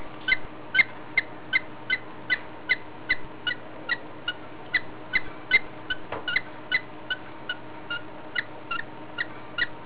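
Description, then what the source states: Budgerigar breathing heavily, a steady train of faint clicking sounds, roughly two or three every second. Heavy, laboured breathing as a health sign of parasite infection.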